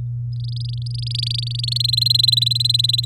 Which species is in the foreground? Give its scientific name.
Serinus canaria